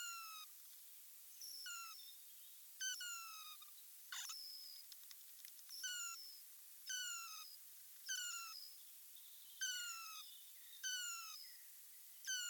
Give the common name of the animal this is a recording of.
Hazel Dormouse